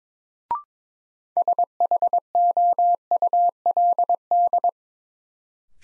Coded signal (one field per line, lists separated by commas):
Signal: Morse code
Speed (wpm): 22 wpm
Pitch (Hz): 700 Hz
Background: none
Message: SHOULD